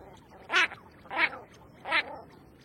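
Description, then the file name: Common shelduck giving three harsh, nasal honks spaced about two-thirds of a second apart. "Canto da tadorna comum"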